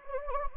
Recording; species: mosquito wingbeat signal from an infrared sensor; Anopheles gambiae